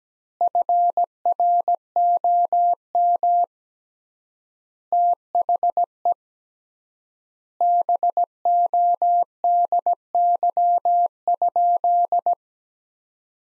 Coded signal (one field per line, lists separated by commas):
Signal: Morse code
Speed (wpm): 17 wpm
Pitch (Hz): 700 Hz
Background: none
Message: FROM THE BODY?